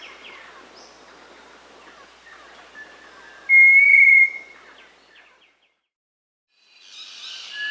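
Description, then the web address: Little tinamou giving a single clean, level whistle amid faint background noise. Recorded in Peru and Bolivia. "Birds of the Amazon 1. Little Tinamou (Crypturellus soui), Peru, Bolivia"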